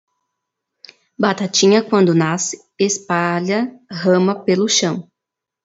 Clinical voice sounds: short text; Brazilian Portuguese; female; 20 to 29 years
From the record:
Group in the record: control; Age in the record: 26 years

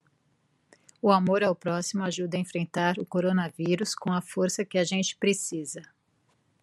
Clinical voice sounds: spoken sentence; Brazilian Portuguese; female; 50 to 59 years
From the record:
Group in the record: control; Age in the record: 53 years

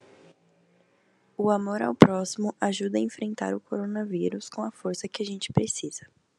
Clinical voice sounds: spoken sentence; Brazilian Portuguese; female; 18 to 19 years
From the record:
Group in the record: control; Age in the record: 19 years

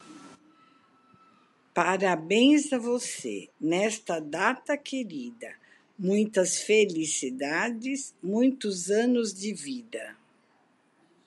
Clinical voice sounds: short text; Brazilian Portuguese; female; 60 to 69 years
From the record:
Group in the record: control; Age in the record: 65 years

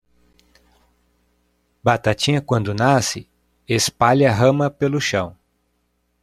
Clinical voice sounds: short text; Brazilian Portuguese; male; 30 to 39 years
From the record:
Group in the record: control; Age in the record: 39 years

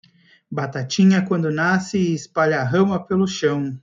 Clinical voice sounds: short text; Brazilian Portuguese; male; 40 to 49 years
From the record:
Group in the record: control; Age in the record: 40 years

